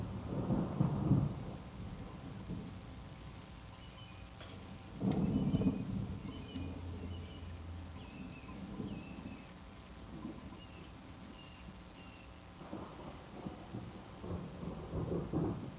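Steady rain hisses throughout while deep rumbles of thunder roll in at the start, midway, and again near the end; faint tonal chirps float above the downpour.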